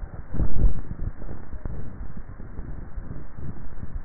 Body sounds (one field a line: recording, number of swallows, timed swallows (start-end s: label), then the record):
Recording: swallowing sounds by neck microphone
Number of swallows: 1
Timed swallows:
0.43-1.06 s: swallow
From the record:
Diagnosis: dysphagia